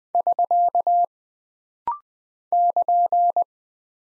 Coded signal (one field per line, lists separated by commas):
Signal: Morse code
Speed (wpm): 20 wpm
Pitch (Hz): 700 Hz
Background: none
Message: <SK> <KN>